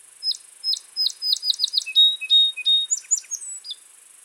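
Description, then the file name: Song sparrow singing one full phrase: spaced sharp opening notes speeding into rapid ticks, a series of buzzy mid-high trills, then a brief closing flourish, over constant high-pitched background hiss. "Melospiza melodia - Song Sparrow"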